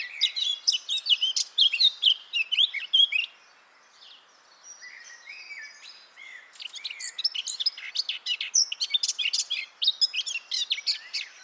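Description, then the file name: Eurasian blackcap song: rapid high twittering and warbling phrases, a quieter stretch, then another long fast jumble of chirps and trills. "Sylvia atricapilla"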